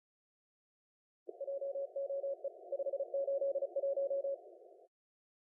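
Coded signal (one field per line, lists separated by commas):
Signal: Morse code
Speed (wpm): 34 wpm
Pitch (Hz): 550 Hz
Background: none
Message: JOE 581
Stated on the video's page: CWT contest operation.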